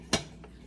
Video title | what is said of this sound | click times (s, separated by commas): How to get TAC VANES to stick for good ! | boom clicked boom | 0.1 s